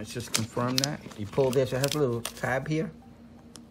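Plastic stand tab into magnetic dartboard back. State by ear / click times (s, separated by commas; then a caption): seated / 3.6 s. Someone talks while pulling out the built-in stand on a black and white Grand Star magnetic bottle cap dartboard (model SM-35034, SKU 8575503). At 3.6 s, the stand's small plastic tab snaps into its slot on the dartboard's magnetic back with one sharp tick. The tab clips into place.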